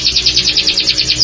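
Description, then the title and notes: Canary song: a quick rolling trill of rapidly repeated high notes, ending in a short downward slur. "BM Suara Kenari. BM Suara Burung Kenari"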